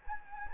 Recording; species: mosquito wingbeat signal from an infrared sensor; Anopheles gambiae